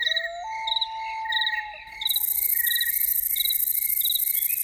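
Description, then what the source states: Loon giving a single steady wailing note that steps up and holds for over a second, amid constant pulsing cricket chirps and a high hiss. Evening soundscape.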